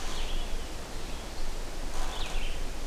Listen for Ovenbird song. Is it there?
no